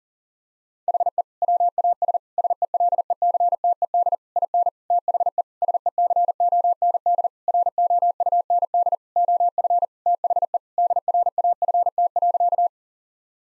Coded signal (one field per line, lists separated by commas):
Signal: Morse code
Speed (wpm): 40 wpm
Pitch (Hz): 700 Hz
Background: none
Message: HE WAS SELECTED IN THE SECOND ROUND OF THE DRAFT.